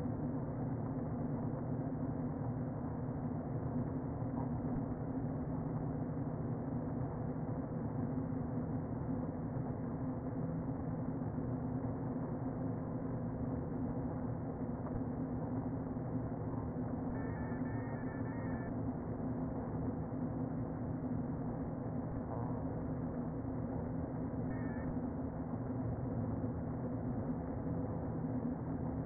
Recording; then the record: honeybee colony, microphone inside the hive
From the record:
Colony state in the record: queen present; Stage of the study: before two queens were removed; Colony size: about 60,000 bees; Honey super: yes